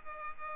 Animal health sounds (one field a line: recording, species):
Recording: mosquito wingbeat signal from an infrared sensor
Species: Culex pipiens